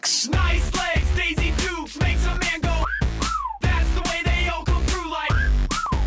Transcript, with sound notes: Nice legs, Daisy Dukes,
Makes a man go [whistles]
That's the way they all come through like